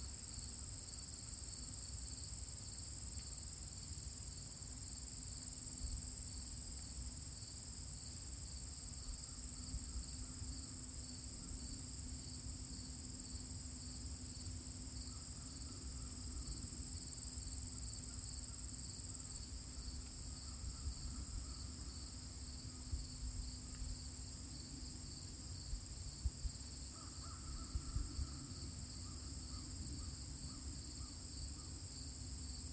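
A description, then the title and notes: Crickets trill without pause, a dense, high, shimmering chorus with a slight rapid pulse that holds steady for the whole stretch. Beneath it runs a low, constant rumble, and a faint, thin tone drifts in and out now and then. It’s Thursday, and it’s the last day of August. The crickets.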